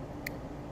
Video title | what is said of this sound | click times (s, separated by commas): How to make Ethernet cable (RJ45) | that's satisfying little click lets you know that it's home | 0.3 s